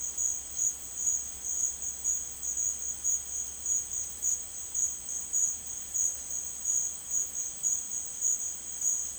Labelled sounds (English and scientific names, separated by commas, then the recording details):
none
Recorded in secondary vegetation near Puerto Asís, Putumayo, Colombia, on 25 June 2025 at 12:00
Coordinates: 0.499, -76.323
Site G077